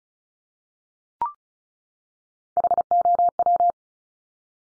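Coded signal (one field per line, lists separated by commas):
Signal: Morse code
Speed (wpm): 36 wpm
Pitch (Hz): 700 Hz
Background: none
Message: HOW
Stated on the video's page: Morse drill of top three-letter combinations at 35 wpm, each sent, spoken, then sent again for head copy.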